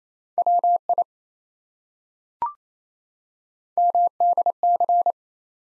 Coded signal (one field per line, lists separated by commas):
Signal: Morse code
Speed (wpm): 27 wpm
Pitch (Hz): 700 Hz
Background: none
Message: WI MDC